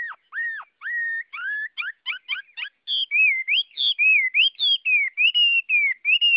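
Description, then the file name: Chinese hwamei song: loud, clear whistled phrases, first slurred downward notes, then rapid chopped notes and rising-falling whistles repeated in a steady flowing stream. Song described as 'giọng rừng', the forest-voice style. "Tieng hoa mi hot giong rung"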